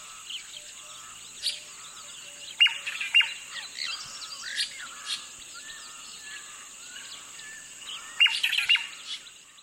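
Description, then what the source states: Crimson-breasted Shrike calling with abrupt, sharp notes and brief harsh chatters at intervals, against a constant shrill insect hum and faint background chirping. Recorded in the Kalahari during the day; the call is described as distinctive, 'the sound of the Kalahari'.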